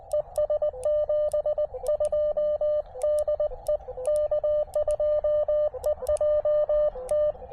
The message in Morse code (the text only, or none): E S 72 DE K2EJT